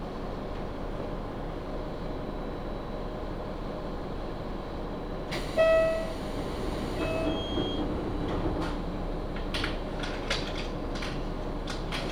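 A Kyudai Main Line train runs from Hita toward Tanushimaru, its low rumble steady throughout. Just past five seconds a short tonal sound rings out over a brief swell, a thin high tone follows near seven seconds, and sharp clicks and rattles scatter through the final seconds.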